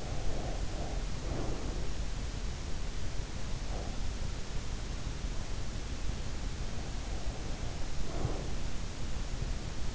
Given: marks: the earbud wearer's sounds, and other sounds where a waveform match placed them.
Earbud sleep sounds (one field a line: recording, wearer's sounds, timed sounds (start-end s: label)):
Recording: sounds in sleep by an in-ear microphone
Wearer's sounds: breath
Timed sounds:
0.00-1.65 s: breath
7.03-8.51 s: breath